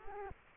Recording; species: mosquito wingbeat signal from an infrared sensor; Culex quinquefasciatus